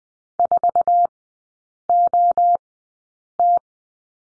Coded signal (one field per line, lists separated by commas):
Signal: Morse code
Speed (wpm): 20 wpm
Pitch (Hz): 700 Hz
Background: none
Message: 4OT